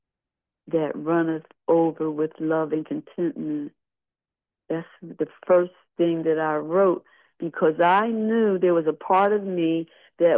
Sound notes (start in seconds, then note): none